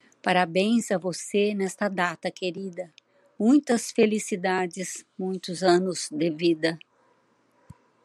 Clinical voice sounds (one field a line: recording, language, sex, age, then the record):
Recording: short text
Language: Brazilian Portuguese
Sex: female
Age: 70 to 79 years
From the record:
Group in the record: control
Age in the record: 75 years